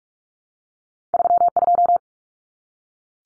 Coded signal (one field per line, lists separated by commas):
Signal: Morse code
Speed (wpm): 44 wpm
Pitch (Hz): 700 Hz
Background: none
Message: 32